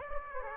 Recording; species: mosquito wingbeat signal from an infrared sensor; Aedes aegypti